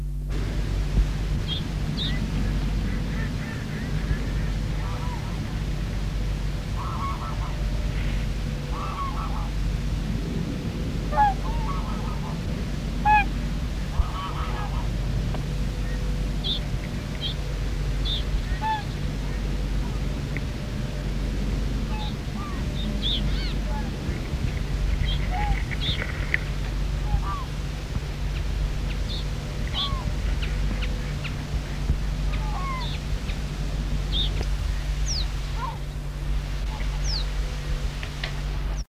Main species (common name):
Reed Bunting